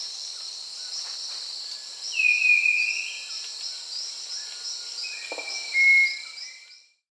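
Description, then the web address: Southern nightingale-wren song: one thin, pure, level whistle, then a second similar, slightly lower whistle after a long pause, over steady high insect buzzing. Recorded in Peru. "Birds of the Amazon 3. Southern Nightingale-Wren (Microcerculus marginatus), Peru"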